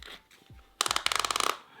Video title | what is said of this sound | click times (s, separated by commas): KORE Belts | and every time it clicks | 0.8 s, 0.9 s, 1.0 s, 1.1 s, 1.2 s, 1.4 s